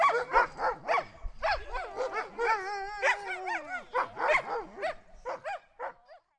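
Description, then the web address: Sled dogs barking and yipping in rapid bursts, with a drawn-out, wavering, whining howl in the middle before the barking resumes. "stormcloud sled dogs"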